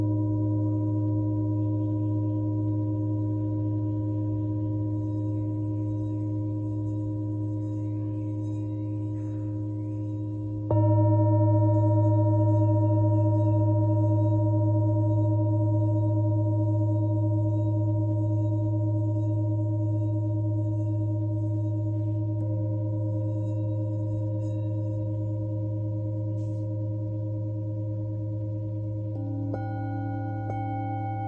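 Singing bowls ring in long, steady tones, with a deep hum underneath and several clear overtones held above. Fresh strikes land around eleven, twenty-two and twenty-nine seconds, each adding or shifting pitches, the loudest near eleven seconds. Faint shimmering sounds flicker high up throughout.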